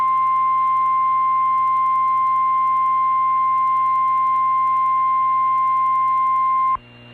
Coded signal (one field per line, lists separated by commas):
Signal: Emergency Alert System (SAME) tones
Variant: 1050 Hz attention tone